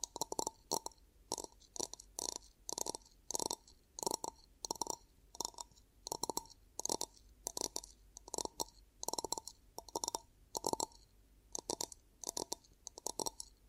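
Ear cupping sounds: hands repeatedly press and release, making short muffled thumps paired with bright crackly rustles. The cupping comes in quick bursts, roughly two or three per second, fairly regular throughout, with brief quiet gaps between and a faint low hum underneath.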